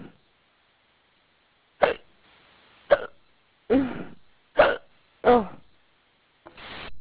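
An adult hiccuping: about six abrupt, voiced gulping catches, roughly one per second, repeated hiccups.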